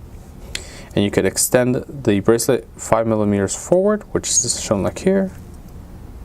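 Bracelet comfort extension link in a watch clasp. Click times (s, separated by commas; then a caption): 0.6 s. The metal comfort extension link in the clasp of an 18k rose gold Rolex Cosmograph Daytona 116505 with a pink index dial is popped open by hand, giving one sharp click at 0.6 s as it releases. Someone talks over the sound as the bracelet is extended five millimeters forward.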